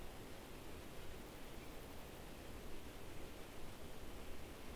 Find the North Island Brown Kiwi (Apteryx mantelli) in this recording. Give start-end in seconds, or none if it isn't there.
none